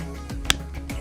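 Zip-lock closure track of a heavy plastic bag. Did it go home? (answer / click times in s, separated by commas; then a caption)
yes / 0.3 s, 0.5 s, 0.9 s. The zip-lock closure track of a heavy 8 mil plastic bag is pressed closed over steady background music. Sharp clicks are heard at 0.3, 0.45, 0.5 and 0.9 seconds, the loudest and brightest at 0.5 seconds. The closure locks shut, clicking all the way across.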